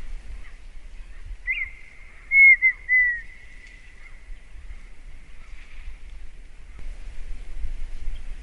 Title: Canto de Perdiz. O Canto da Perdiz